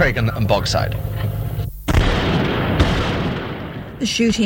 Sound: sounds of gunshots